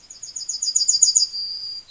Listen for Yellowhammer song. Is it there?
yes